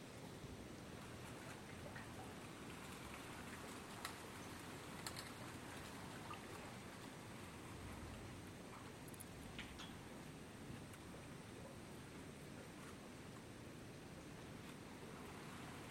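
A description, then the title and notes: Outdoors in Big Cypress Preserve, Florida, a steady, dense rain-like hiss sits over a low rumble, with a few faint ticks around five and ten seconds. Big Cypress Preserve, Florida.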